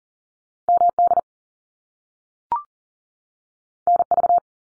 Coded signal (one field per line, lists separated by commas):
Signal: Morse code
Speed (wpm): 40 wpm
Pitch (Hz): 700 Hz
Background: none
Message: MD NV